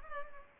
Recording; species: mosquito wingbeat signal from an infrared sensor; Culex pipiens